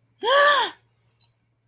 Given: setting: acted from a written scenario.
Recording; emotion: vocal sound without words; positive surprise